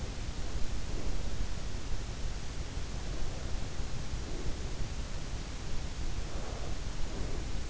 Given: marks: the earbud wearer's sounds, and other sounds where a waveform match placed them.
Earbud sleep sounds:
sounds in sleep by an in-ear microphone; breath
0.00-1.36 s: breath
2.96-4.62 s: breath
6.11-7.59 s: breath

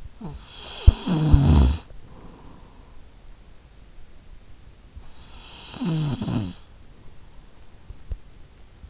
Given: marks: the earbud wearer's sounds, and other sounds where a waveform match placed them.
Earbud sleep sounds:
sounds in sleep by an in-ear microphone; snoring breath
0.00-3.31 s: snoring breath
4.91-7.60 s: snoring breath

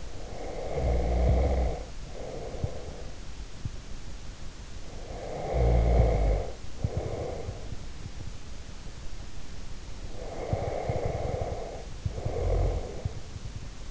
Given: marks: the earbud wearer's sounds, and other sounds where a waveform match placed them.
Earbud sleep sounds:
sounds in sleep by an in-ear microphone; snoring breath
0.00-3.17 s: snoring breath
4.75-7.78 s: snoring breath
9.99-13.46 s: snoring breath

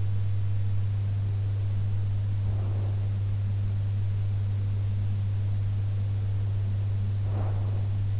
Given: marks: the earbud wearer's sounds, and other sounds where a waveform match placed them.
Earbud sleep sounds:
sounds in sleep by an in-ear microphone; breath
2.39-3.18 s: breath
7.12-8.19 s: breath

